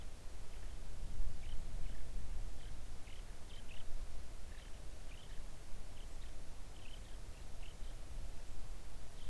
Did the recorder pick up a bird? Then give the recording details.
yes. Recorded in the Arctic National Wildlife Refuge, Alaska, on 3 August 2019 at 05:36. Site 41